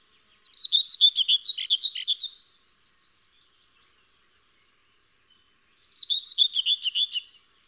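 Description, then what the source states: Common whitethroat singing a brisk, scratchy warble lasting about two seconds, then silence, then the same jerky phrase starting again near the end. Variant form.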